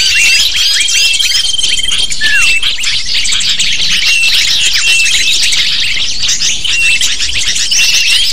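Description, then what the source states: Many lovebirds twittering at once, rapid shrill chirps and squeaks forming a continuous high-pitched din for the whole stretch. Used to lure lovebirds.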